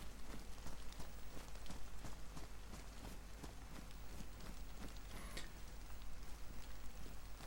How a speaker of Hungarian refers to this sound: Ja, de hogy nem, elállóban van az eső.